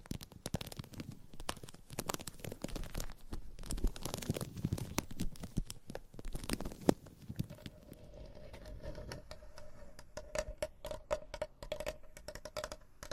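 Gentle tapping and scratching, with dense, quick crackly taps filling the first seven seconds. After that the sound thins into softer, sparser scratching, and a faint steady tone hums underneath through to the end, with light taps continuing at irregular intervals.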